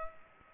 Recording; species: mosquito wingbeat signal from an infrared sensor; Culex pipiens